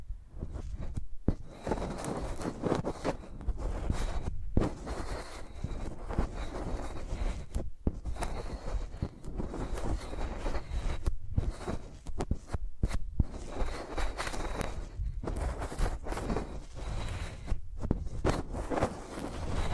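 Microphones are scratched and dragged like pencils, giving a dense, continuous rasping that shifts in strokes every second or so. Brief silent breaks cut in often, near 1, 4.5, 7.5 and 12 seconds, and deep bumping thuds run underneath throughout.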